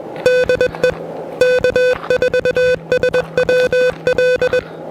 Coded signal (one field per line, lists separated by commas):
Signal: Morse code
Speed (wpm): 20 wpm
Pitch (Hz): 500 Hz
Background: music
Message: DE K4SWL